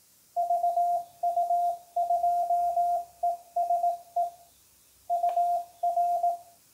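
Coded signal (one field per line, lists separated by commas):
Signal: Morse code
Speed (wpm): 18 wpm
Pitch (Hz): 700 Hz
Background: none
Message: VU2ESE UR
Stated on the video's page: CW on sBitx v3 hardware and software with full break-in, macros, on-screen typing and variable bandwidth filtering.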